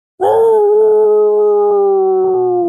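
A werewolf lets out a single loud, sustained howl with its muzzle raised to the sky, holding a steady mid-pitched tone that sags slightly lower over nearly three seconds, with no talking.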